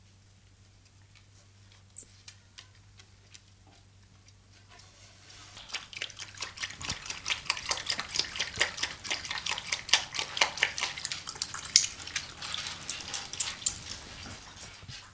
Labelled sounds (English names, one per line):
South American Coati